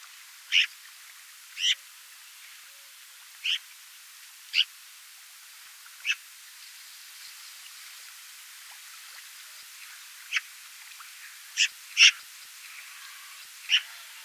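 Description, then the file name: Eurasian magpie calls: harsh, scratchy single notes spaced irregularly half a second to four seconds apart, with a quiet pause midway, over faint high hiss. "Pica pica"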